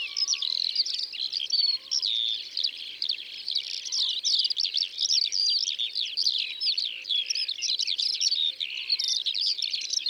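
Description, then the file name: Eurasian skylark song, an endless high twittering outpouring of rapid chirps and slurred notes, with faint lower whistles. Eurasian skylarks recorded in the Drôme, France. "Alouettes des champs Concerts Naturels de la Drome Studio les Trois Becs"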